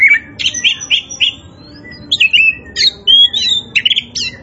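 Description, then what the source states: Oriental magpie-robin giving short whistled notes in a series, then sliding and warbled phrases, each separated by brief gaps. Indonesian local type called Kacer Poci; described as gacor, singing vigorously and continuously.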